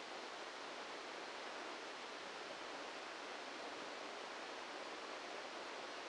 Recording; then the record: brain microelectrode recording played as sound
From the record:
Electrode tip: inside the subthalamic nucleus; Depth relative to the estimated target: -2 mm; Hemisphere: left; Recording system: NeuroSet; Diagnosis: Parkinson's disease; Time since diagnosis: 14 years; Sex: male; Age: 51 years